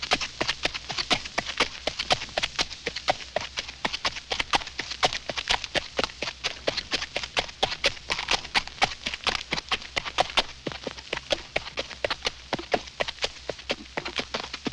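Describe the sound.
Horse walking through brush, dense crackling and snapping with steady hoof falls throughout.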